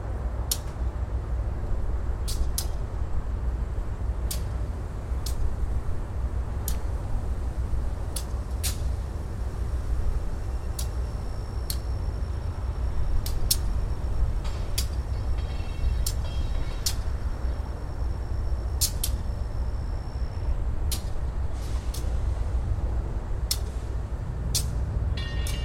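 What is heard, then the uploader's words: A train yard beside a road, filled with a steady low rumble of engines and traffic that holds for the whole stretch. Sharp metallic clicks and squeals ring out every second or two, and a thin high whine runs from about 12 to 20 seconds. Train Yard Near Road.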